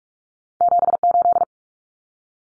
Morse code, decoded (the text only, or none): 78